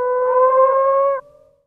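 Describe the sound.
Moaning frog producing a single sustained, even, low moan that holds steady for just over a second before cutting off.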